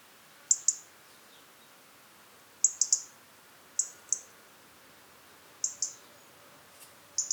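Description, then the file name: European robin calls, short high sharp notes given in close pairs or a three, the groups a second or two apart, against quiet background hiss. "Erithacus rubecula"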